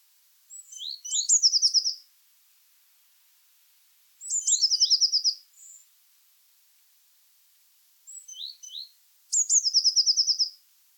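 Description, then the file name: Eurasian blue tit with three high trilled phrases, each led by a few thin scattered notes before a rapid, slightly descending series of notes. "Cyanistes caeruleus"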